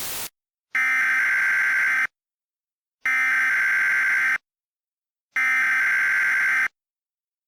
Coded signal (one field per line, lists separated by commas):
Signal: Emergency Alert System (SAME) tones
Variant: header bursts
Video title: EAS Mock 9: Hollowed Out